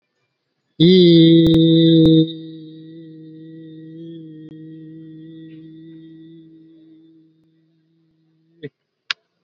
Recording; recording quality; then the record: sustained vowel as in beet; excellent, no background noise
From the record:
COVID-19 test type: RT-PCR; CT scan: not taken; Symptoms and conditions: cough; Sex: male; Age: 40 years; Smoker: yes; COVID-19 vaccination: none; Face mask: worn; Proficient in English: yes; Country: India